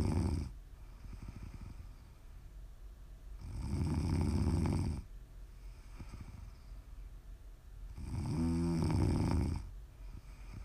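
ASMR snoring from an adult sleeper: two loud, low rumbling snores on the in-breath, about four and a half seconds apart, with quiet breathing between.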